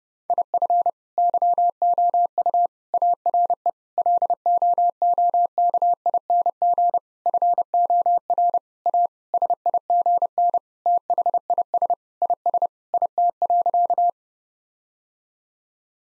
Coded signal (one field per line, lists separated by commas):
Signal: Morse code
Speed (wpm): 30 wpm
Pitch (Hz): 700 Hz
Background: none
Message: IF YOU ARE LOOKING FOR A SIGN THIS IS IT.